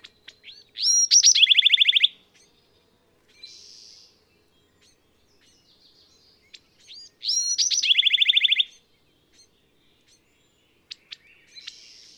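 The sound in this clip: Bewick's wren song, two phrases about six seconds apart, each opening with quick sweeping notes and ending in a rapid, buzzy trill; a few soft chips between.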